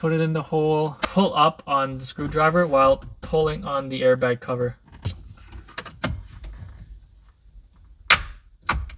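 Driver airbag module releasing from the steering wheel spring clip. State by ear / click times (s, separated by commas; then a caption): released / 8.1 s. Someone talks while a Phillips screwdriver is pushed into the hole in the back of an Audi steering wheel and levered up as the airbag cover is pulled. After a few faint taps, the driver airbag module's spring retaining clip lets go with a loud, sharp click at 8.1 s. The airbag module releases and separates from the steering wheel.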